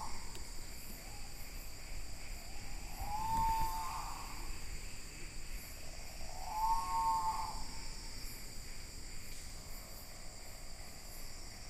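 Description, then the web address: Great pitta calling: two mellow whistled notes, each with a brief rising start, about three and a half seconds apart, against a constant background drone. Indonesia. "ULM-DS-Lab indonesian-bird-sounds. Pitta maxima"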